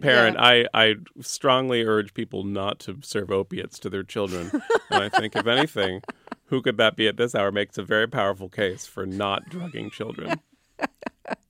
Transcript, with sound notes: as a parent. I strongly urge people not to serve opiates to their children.
(LAUGHTER)
And I think if anything, "Who Could That Be At This Hour?" makes a very powerful case for not drugging children.